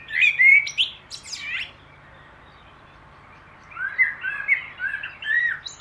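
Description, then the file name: Common blackbird singing two mellow warbled phrases separated by a pause of about two seconds, the first ending in a high squeaky twitter. "Turdus merula"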